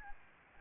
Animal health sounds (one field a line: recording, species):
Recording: mosquito wingbeat signal from an infrared sensor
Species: Aedes albopictus